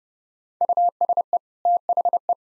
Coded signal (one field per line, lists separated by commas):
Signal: Morse code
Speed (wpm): 30 wpm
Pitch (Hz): 700 Hz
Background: none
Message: USE THE